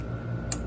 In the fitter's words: And now, we're going to press until we we heard that click into the shraider core.